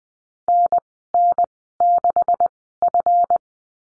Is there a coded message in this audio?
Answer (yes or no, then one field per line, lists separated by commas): yes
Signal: Morse code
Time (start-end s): 0.5-3.4 s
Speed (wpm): 20 wpm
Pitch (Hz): 700 Hz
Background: none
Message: NN6F